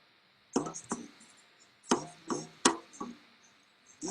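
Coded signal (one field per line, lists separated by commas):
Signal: talking drum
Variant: Yoruba dùndún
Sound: about seven hollow drum strokes in uneven rhythm, low pitch slightly bending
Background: small room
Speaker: how do you ask for money with the job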